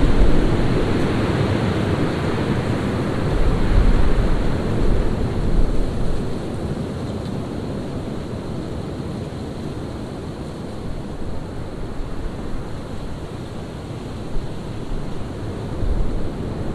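A windstorm roars without pause, a dense, rushing noise heaviest in the low and middle range. It swells stronger around four to six seconds, then eases slightly and holds fairly steady, with small gusting surges near the end.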